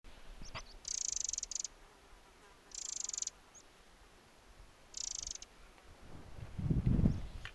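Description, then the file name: Eurasian wren rattling call: three short, harsh, buzzy bursts of rapid ticks, each under a second, spaced about two seconds apart, with a brief low rumble near the end. "Troglodytes troglodytes"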